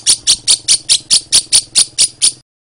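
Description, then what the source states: Lovebird giving eleven evenly spaced, piercing chirps over about two and a half seconds, then silence. Lovebird referred to as Putri Mentaya.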